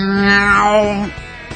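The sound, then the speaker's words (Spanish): A person imitates a cat's meow with a single drawn-out, nasal, wavering tone lasting about a second. It is fairly loud and fades into a short, quieter tail. “Para que el perro maulle, buscas una sierra circular en una carpintería y pasas al perro por ahí y se escuchará.”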